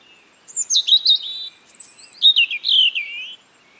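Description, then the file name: European robin delivering a short, liquid warbled phrase with slurred whistles that dip and rise, plus a thin high note in the middle. "Erithacus rubecula"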